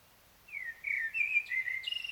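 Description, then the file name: Common blackbird song phrase, mellow fluted whistles sliding up and down, closing with thin, high scratchy notes; the background is otherwise quiet. "Turdus merula"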